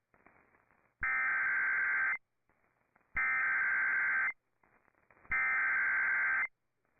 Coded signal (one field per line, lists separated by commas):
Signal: Emergency Alert System (SAME) tones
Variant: header bursts